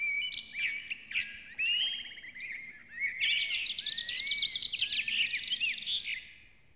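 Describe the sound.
Bird song, a fast, jumbled stream of high twitters, rising whistles and trilled notes with few breaks.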